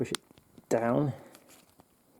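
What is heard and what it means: A plastic swap head for a Jada Toys Ultra Street Fighter 2 The Final Challengers Ryu action figure is pushed down onto the figure's ball-joint neck while someone talks. Faint handling sounds and brief ticks near 1.4 s and 2.2 s follow. Nothing has seated or clicked yet when the clip ends.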